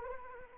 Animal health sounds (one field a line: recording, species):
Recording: mosquito wingbeat signal from an infrared sensor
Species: Anopheles arabiensis